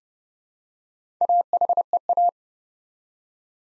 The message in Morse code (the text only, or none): AHEA